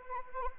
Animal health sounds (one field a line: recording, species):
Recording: mosquito wingbeat signal from an infrared sensor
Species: Anopheles arabiensis